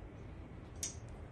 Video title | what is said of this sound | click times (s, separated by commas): Automotive Connector De-Pin & Re-Pin Technique - How To Find Your Connector in 30 Seconds or Less | and it clicks into place again give it that little pull | 0.8 s